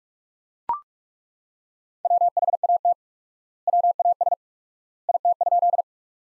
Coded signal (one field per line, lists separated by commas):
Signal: Morse code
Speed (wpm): 42 wpm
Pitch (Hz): 700 Hz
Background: none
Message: WHAT WAS IT?